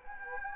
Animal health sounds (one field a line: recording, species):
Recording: mosquito wingbeat signal from an infrared sensor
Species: Anopheles gambiae